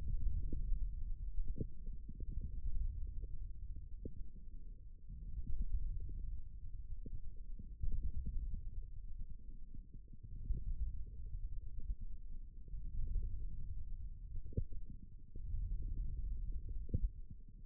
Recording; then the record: forearm muscle sounds (acoustic myography)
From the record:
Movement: wrist flexion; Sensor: system 1, eight BSWA MPA416 microphones around the upper forearm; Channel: 2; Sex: male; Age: 18 years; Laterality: right